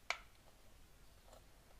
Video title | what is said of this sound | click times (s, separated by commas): CYMA AK47 Airsoft AEG Unboxing | once that in there you want to close that until you hear that positive click and then | 0.1 s